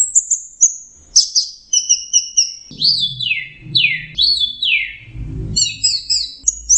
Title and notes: Suara Burung Anis Merah Teler. Masteran Anis Kembang